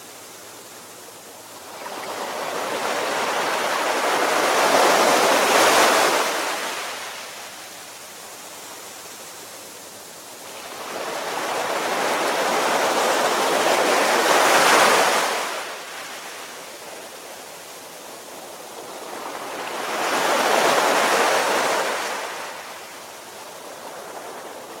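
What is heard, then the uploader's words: Waves roll onto a beach in three slow, even surges, each swelling for several seconds into a bright hiss of breaking water and then fading back. Between them a quieter wash lingers, with a faint low hum underneath. Waves On The Beach.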